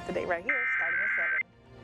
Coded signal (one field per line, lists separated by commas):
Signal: Emergency Alert System (SAME) tones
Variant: header bursts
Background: speech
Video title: National EAS Test Roundup 10/4/2023 - Fargo/Moorhead + Minneapolis/St. Paul